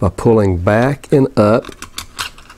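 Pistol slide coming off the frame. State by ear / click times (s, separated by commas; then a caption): released / 2.0 s. Someone talks while the steel slide of a Walther PP (Police Pistol) is pulled back and lifted up during field stripping, with the trigger-guard takedown lever swung down and locked aside. A sharp metallic hit sounds at 2.0 s as the slide releases, and then it comes off the frame easily.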